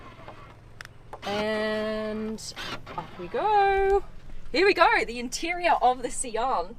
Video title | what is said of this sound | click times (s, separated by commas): World first hybrid Lamborghini start up/ Sian FKP 37 | just a little click here | 0.8 s